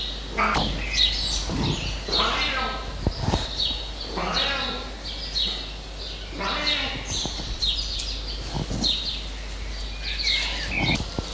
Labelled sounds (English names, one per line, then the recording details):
Jungle Cat call
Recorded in captivity
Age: adult
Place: Zoo Magdeburg, Sachsen-Anhalt, DE
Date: 1989-05-12 15:00
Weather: overcast, intermittent rain, 12°C
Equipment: Sony WM-D6C, Kopie 19 cm
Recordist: Tembrock, Günter
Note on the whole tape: Maunzen